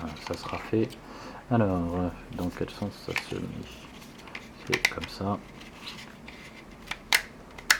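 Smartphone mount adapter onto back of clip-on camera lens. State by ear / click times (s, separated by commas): seated / 7.1 s, 7.7 s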